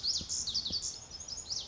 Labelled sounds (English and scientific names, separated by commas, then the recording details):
Lazuli Bunting (Passerina amoena)
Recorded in Sonoma County, California